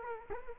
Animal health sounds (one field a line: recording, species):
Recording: mosquito wingbeat signal from an infrared sensor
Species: Culex quinquefasciatus